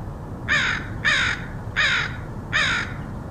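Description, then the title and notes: Crow caws, four strong, grating caws spaced roughly 0.7 seconds apart, with low background rumble throughout. Crows recorded in Portland, Oregon, USA, in August 2003. "Crows of Portland. Crows recorded by Dan Bodah in Portland, OR, August 2003"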